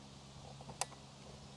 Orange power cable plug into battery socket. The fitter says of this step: the orange one to the orange plug and here you hear a click